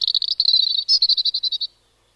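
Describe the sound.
European robin song: a fast, high trill of short repeated notes, briefly pausing and then resuming in slightly louder, evenly spaced pulses before stopping abruptly.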